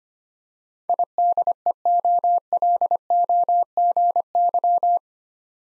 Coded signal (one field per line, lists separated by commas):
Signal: Morse code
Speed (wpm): 25 wpm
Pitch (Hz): 700 Hz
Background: none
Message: IDEOLOGY